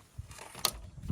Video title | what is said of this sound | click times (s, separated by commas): What’s wrong with this rack? I found out. | and they're locked in now they don't move | 0.7 s